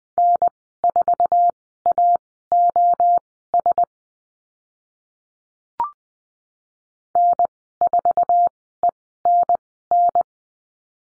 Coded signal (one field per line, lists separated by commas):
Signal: Morse code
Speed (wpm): 20 wpm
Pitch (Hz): 700 Hz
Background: none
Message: N4AOS N4ENN